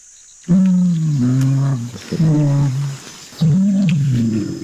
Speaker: Yeah, so these gorillas are just singing during their eating their food.